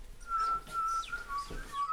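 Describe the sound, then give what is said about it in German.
A person whistles a soft, steady bird call, a thin held tone repeated in short even phrases with slight pitch dips, imitating a bullfinch against a quiet background. “Der Dumpfaff pfeift so.”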